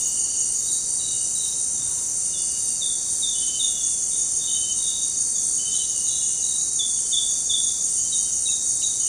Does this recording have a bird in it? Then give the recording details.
no. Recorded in secondary vegetation near Puerto Asís, Putumayo, Colombia, on 22 June 2025 at 18:00. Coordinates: 0.484, -76.319. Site G074